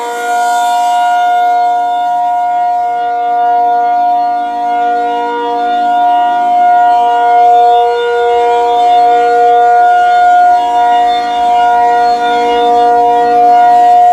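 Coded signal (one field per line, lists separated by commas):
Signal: siren signal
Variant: ACA P-50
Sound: loud steady mechanical siren wail with rich harmonics, holding pitch, slight fluctuation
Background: outdoor ambience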